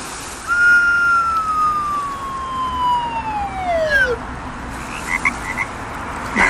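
A frog in Dominica gives one long whistling call that slides steadily downward in pitch for about four seconds, followed by a few short, faint chirps over a constant hiss of background noise.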